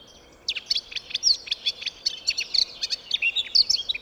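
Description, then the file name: Eurasian blackcap delivering a rapid, continuous warble of sharp twittering notes over steady background noise. "Sylvia atricapilla"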